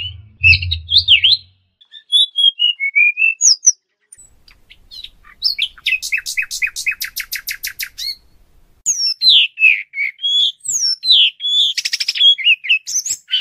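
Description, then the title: Flycatcher song with high squeaky whistles, a fast stuttering rattle, pauses, then more rapid buzzy and chattering phrases; a low rumble opens the recording. Indonesian masteran training material for cage birds, continuous full-speed 'tembakan' song. "Materi Suara Burung Sikatan Londo Masteran Hits Tembakan Full Speed Rapet Durasi"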